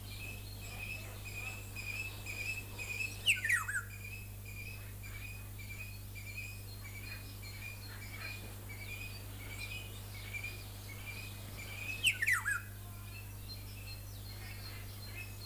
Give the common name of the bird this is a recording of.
Black-naped Oriole